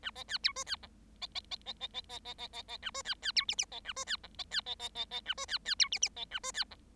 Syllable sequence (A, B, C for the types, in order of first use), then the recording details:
A B C D E C F B B B B B B B B B B B A E C C D G G B A E C F B C B B B B A E C C D G G B A E C F. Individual Bird7